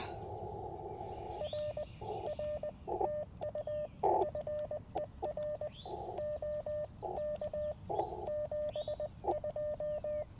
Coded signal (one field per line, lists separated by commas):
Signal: Morse code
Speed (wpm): 20 wpm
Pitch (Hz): 600 Hz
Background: radio noise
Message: R R TU FER OK 72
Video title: Morning Morse Code - 3/2/24